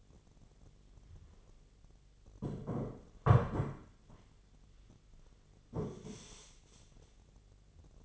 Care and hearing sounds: daily activity, microphone in the room; sit down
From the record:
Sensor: 4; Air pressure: 1008.8 hPa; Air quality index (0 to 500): 172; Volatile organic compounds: 5 ppm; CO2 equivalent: 1720 ppm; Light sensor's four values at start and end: 23/73/28/26 and 23/73/28/26

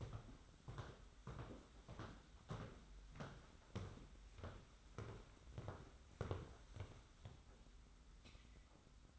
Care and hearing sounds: daily activity, microphone in the room; walk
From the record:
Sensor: 3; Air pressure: 991.6 hPa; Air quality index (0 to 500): 181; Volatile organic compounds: 1000 ppm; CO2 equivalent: 6056 ppm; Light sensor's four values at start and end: 38/109/44/38 and 34/94/38/34

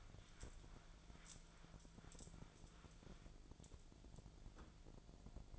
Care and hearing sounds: daily activity, microphone in the room; wipe stove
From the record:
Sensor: 5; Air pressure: 1000.7 hPa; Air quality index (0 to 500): 154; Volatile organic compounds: 2 ppm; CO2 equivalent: 1184 ppm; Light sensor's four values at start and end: 46/99/45/50 and 47/100/45/51

